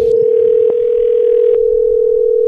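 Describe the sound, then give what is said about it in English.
A steady, loud telephone dial tone hums continuously at one pitch, with a couple of faint clicks partway through and no talking. “I'm gonna call your phone.”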